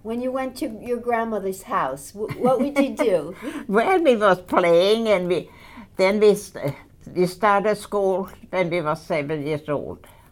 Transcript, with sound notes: When you went to your grandmother's house, what would you do?
(she laughs) Well, we was playing, and we, then we, we started school when we were seven years old.